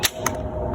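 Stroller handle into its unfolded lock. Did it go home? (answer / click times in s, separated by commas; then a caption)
yes / 0.3 s. The latch on a Peg Perego YPSI 2 travel system stroller is pressed and the handle is raised all the way up into its unfolded lock. A single sharp click at 0.3 s marks the handle locking in the raised position, and it is seated.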